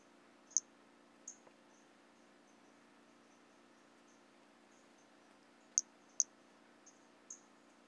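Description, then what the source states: White-lined pumpkin toadlet giving sharp, very high chirps: two early, then a quick pair and a couple of softer notes later, above faint high ticking. Recorded in 2017.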